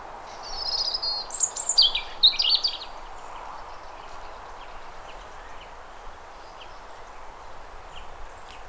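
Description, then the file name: European robin giving a brief burst of high, twinkling, jumbled notes lasting about two seconds, followed by faint background hiss with scattered faint high chips. "Erithacus rubecula"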